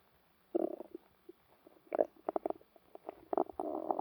Stomach Noises.